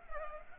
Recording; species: mosquito wingbeat signal from an infrared sensor; Culex pipiens